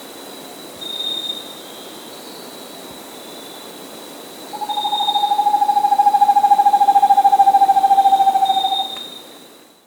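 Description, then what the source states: Vermiculated screech owl giving a long, even, rapid trill on one low pitch, lasting about four seconds, after a brief faint note earlier, over a faint steady high tone. Andean bird, South America.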